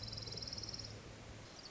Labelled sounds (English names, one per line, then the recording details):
Orange-crowned Warbler
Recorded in Sonoma County, California